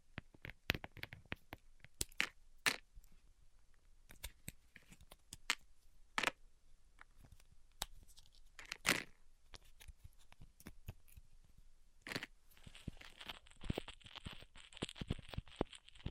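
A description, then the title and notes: Ripping off a band aid: sharp irregular crackles and snaps, then a denser, brighter tearing burst near the end from about twelve seconds. ASMR Ripping Off the Band Aid (No Talking).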